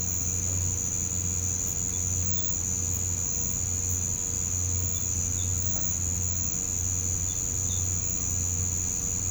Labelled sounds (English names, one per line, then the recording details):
none
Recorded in pastures near Puerto Asís, Putumayo, Colombia, on 21 December 2024 at 05:00
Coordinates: 0.505, -76.324
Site G063